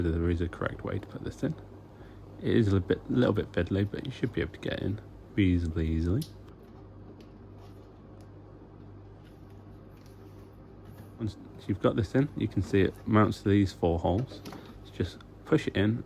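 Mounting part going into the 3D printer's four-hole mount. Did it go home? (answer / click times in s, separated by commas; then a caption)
no / none. A mounting part for a Bambu Lab P1S 3D printer is handled and worked into position at the printer's four-hole mount, a slightly fiddly step before it is pushed home. Someone talks at the start and end, with only faint handling sounds in the quieter middle stretch, including small ticks near 6.5 s and 7.2 s. Nothing has seated or clicked yet.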